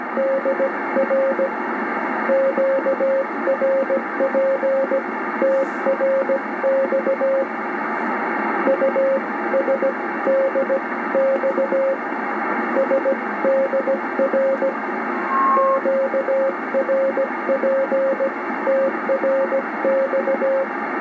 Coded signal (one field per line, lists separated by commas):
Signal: Morse code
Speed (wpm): 16 wpm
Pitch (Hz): 540 Hz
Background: radio noise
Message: DR QRP TRX USDX SDR QRPTRX